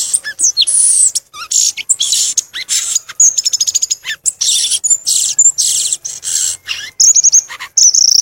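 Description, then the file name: Violaceous euphonia song: dense, energetic medley of high buzzy trills, rapid chips and quick slurred notes, almost continuous throughout. "canto do gaturamo verdadeiro"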